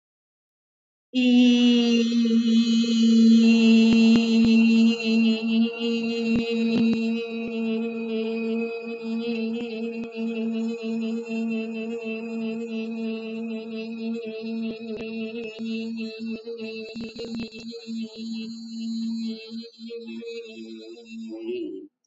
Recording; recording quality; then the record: sustained vowel as in beet; moderate, slight background noise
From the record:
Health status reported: respiratory illness, not identified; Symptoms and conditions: asthma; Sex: female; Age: 55 years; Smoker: not ticked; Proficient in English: yes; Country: India